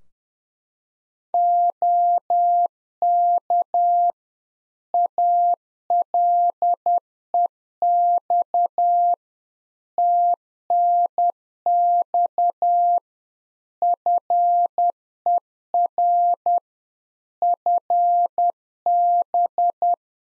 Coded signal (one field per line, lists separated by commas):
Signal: Morse code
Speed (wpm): 10 wpm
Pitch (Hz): 700 Hz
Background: none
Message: OK ALEX TNX FER FB